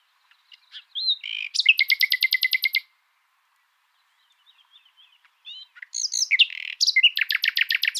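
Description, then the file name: Common nightingale song: quiet intro notes, then a fast loud rattle of repeated strokes; after a pause of soft notes, a second sharp, rapidly repeated trill phrase. "Luscinia megarhynchos"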